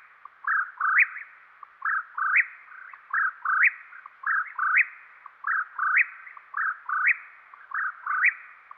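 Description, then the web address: Whip-poor-will giving repeated three-note whistled phrases that climb to an emphatic rising finish, delivered continuously about every 1.2 seconds over a quiet background. Recorded in western North America. "Dan Gibson Wildlife Identification By Sound, Western North America. Whip Poor Will"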